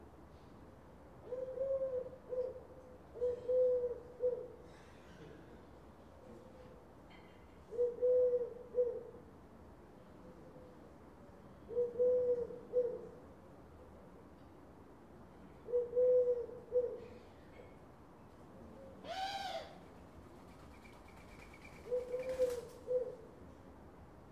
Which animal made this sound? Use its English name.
Eurasian Collared Dove